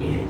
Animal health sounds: contact call of a hoofed animal; pig; closed-mouth grunt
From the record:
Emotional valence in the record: negative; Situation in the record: short social isolation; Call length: 0.30 s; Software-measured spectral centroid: 1400 Hz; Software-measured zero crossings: 850 a second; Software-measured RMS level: -24 dBFS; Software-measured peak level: -12 dBFS

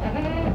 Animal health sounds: contact call of a hoofed animal; goat; low-frequency (closed-mouth) or high-frequency (open-mouth) call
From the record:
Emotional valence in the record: positive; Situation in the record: food anticipation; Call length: 0.56 s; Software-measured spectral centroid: 1180 Hz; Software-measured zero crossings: 990 a second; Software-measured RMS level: -24 dBFS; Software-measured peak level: -12 dBFS

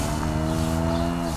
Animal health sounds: contact call of a hoofed animal; cattle; low-frequency (closed-mouth) or high-frequency (open-mouth) call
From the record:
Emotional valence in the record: negative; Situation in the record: physical separation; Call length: 1.38 s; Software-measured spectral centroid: 2990 Hz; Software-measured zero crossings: 2100 a second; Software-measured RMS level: -24 dBFS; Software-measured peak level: -11 dBFS

